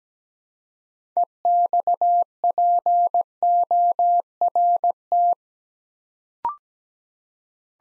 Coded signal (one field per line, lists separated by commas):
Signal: Morse code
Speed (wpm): 17 wpm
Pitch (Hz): 700 Hz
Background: none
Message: EXPORT